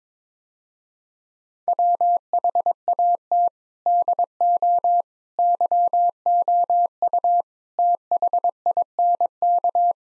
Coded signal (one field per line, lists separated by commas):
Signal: Morse code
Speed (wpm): 22 wpm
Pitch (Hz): 700 Hz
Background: none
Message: WHAT DO YOU THINK